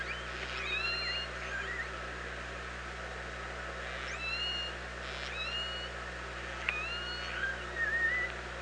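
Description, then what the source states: Orca calls: several soft harmonic calls scattered through, short upsweeps and level tones with a few wavering notes, against hiss and a steady low hum. Recorded at OrcaLab on 24 August 2017, around 07:46.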